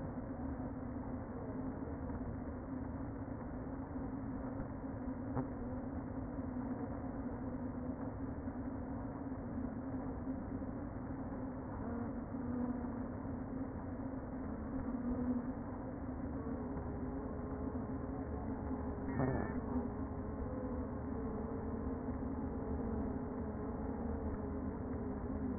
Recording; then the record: honeybee colony, microphone inside the hive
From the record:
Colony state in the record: queen present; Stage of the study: before two queens were removed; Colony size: about 60,000 bees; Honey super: yes